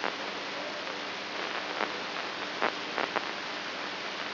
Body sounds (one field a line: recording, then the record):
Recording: brain microelectrode recording played as sound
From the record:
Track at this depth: inside the subthalamic nucleus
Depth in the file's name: 4.715 mm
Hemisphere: right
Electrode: 2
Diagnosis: Parkinson's disease